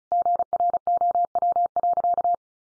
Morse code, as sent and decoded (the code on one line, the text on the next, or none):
--. .-. --- .-- .-.-.-
GROW.